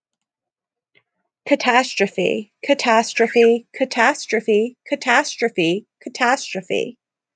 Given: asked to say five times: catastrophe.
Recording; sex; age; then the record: repeated word; female; 30 to 39 years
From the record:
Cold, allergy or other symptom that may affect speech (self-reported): no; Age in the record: 38 years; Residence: Massachusetts, United States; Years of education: 14